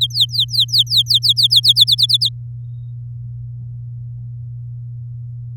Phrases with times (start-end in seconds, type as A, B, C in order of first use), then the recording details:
0.01-1.47 A, 1.50-2.29 B. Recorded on 9 May 2018 at 13:00. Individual llb16